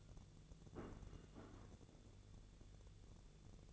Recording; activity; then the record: daily activity, microphone in the room; place plate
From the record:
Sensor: 4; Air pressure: 1001.0 hPa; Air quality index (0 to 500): 143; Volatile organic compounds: 2 ppm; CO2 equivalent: 1059 ppm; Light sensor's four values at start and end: 25/60/25/26 and 25/60/25/26